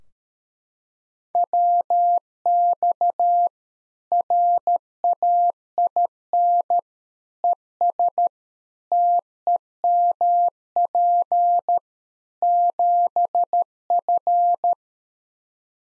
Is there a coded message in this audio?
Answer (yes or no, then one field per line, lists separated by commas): yes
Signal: Morse code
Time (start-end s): 1.4-14.7 s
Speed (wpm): 13 wpm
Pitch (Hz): 700 Hz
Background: none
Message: WX RAIN ES TEMP 7F